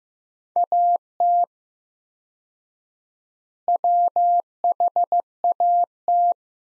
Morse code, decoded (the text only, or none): AT WHAT